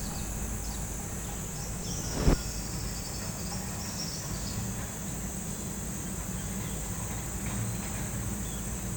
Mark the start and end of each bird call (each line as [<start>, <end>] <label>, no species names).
[0.61, 0.78] bird call
[1.53, 1.98] bird call